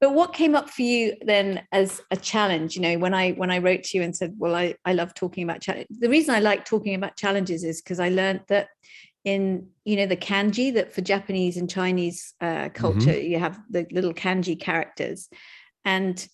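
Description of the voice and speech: A woman talks fluently at a steady conversational pace with clear voicing and natural pauses: ordinary speech.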